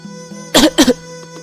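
A man clutching his chest on a long bench gives two harsh, dry coughs in quick succession after swallowing a fruit seed, loud and raspy, over a low steady hum with no talking.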